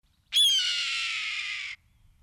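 Red-tailed hawk giving a single long, harsh, hoarse scream lasting over a second, with no other sounds.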